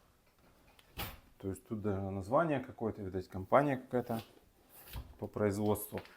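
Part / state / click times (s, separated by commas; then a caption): kitchen cabinet door into its catch on the cabinet frame / seated / 0.8 s, 1.0 s. An old kitchen cabinet door is pushed shut and snaps onto its catch on the cabinet frame, with sharp clicks at 0.8 s and 1.0 s as it latches firmly. Someone talks throughout, noting that each well-made door clicks shut this way.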